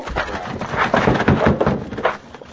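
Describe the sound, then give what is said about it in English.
A locked wooden door is battered and broken down by someone plowing into it, with a dense run of heavy thuds, cracking and splintering that surge in loudness several times over a couple of seconds, with no voices. “It's locked. We'll have to break it down.”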